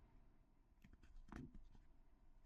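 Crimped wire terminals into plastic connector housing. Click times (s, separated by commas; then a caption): 1.4 s. Two crimped wire terminals, positive and negative, are pushed together into a plastic connector housing during a 12V power wiring install on a Honda CB1000R motorcycle. Faint handling noise leads up to a sharp click at 1.4 s, followed by a few lighter taps. Both terminals seat in the housing.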